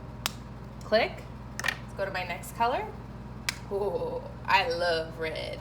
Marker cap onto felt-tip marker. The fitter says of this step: to make sure I hear the click